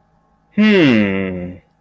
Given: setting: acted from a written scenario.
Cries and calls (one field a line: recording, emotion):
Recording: vocal sound without words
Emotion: confusion